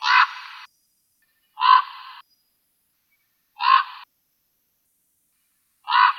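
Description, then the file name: Common raven giving four coarse rasping calls about two seconds apart, nothing else audible between them. "voron"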